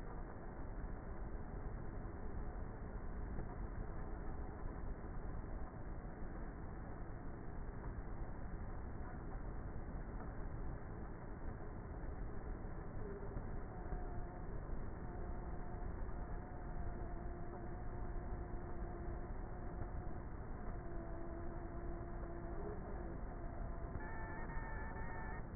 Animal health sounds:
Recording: honeybee colony, microphone inside the hive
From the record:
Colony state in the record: queenless with a low population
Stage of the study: before two queens were removed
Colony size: about 30,000 bees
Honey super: no

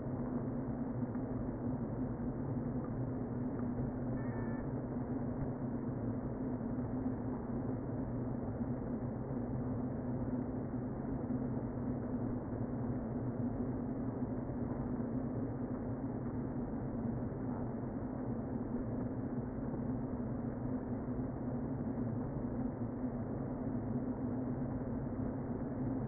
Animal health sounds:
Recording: honeybee colony, microphone inside the hive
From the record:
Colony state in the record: queen present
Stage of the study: before two queens were removed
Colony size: about 60,000 bees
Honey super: yes

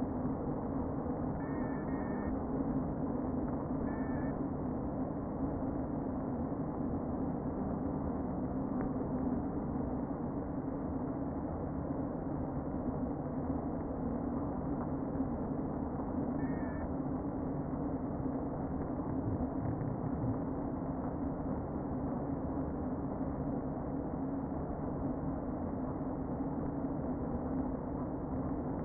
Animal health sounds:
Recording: honeybee colony, microphone inside the hive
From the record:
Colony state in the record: queen present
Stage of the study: before two queens were removed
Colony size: about 60,000 bees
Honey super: yes

